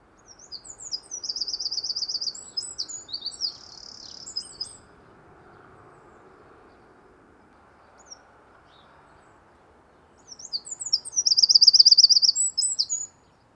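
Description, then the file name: Eurasian wren song, two bursts of high, rapid, rattling trills and twitters, separated by several seconds of quiet with a faint background hum. "Troglodytes troglodytes"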